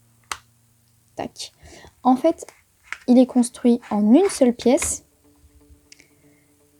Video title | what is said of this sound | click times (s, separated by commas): Mon Portefeuille Minimaliste et Pratique - ZNAP par SlimPuro | va se refermer et tout va être maintenu en place vous allez voir on va avoir un petit clic tac | 0.3 s